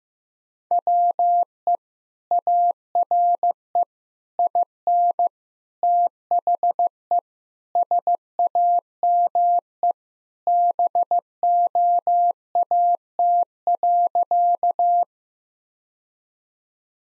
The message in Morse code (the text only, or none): WE ARE IN THE SAME BOAT.